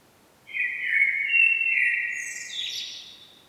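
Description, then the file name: Common blackbird singing one phrase: a smooth, fluty sustained warble that ends in a high, scratchy twitter. "Turdus merula"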